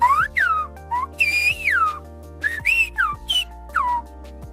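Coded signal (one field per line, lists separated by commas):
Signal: whistled language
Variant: Silbo Gomero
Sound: loud piercing whistled phrases gliding up and down, about eight short segments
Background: low background hum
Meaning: A bottle of red wine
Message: Een fles rode wijn.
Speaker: Nu zal ik een alcoholische drank fluiten.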